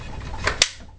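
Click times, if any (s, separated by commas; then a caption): 0.6 s. After a function test, a magazine is pushed back into the magazine well of an AK-47 rifle. A softer knock comes at 0.5 s, then a sharp, short click at 0.6 s as the latch catches and the magazine locks in place.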